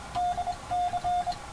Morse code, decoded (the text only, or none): DC